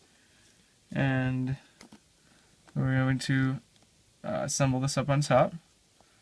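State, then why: Not seated. Someone talks while handling the headphone jack and microphone module of a Galaxy S3 smartphone, getting ready to push it down into place on top of the phone frame during reassembly. A faint, brief tick is heard at about 1.8 s between phrases. Nothing has seated or clicked into place yet.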